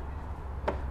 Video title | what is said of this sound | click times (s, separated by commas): We Color-Matched the Chrome on the 2022 Toyota Tundra TRD Off-Road | and they'll all snap into place there | 0.7 s